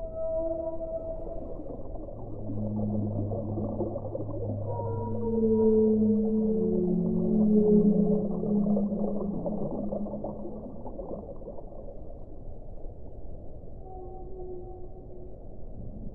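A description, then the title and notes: Whales sing in long, drawn-out tones, a low moan rising and overlapping with higher sliding calls between about two and ten seconds. A steady underwater rumble and hiss fill the background, and a few faint, thinner calls return near the end. Singing of whales.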